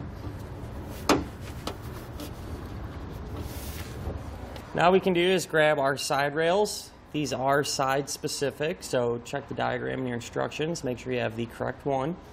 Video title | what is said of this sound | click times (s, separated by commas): etrailer - Pace Edwards Bedlocker Retractable Hard Tonneau Cover Installation - 2020 GMC Sierra 2500 | and these are just going to push in and then you're going to rotate them and they're going to lock into place now | 1.1 s, 1.7 s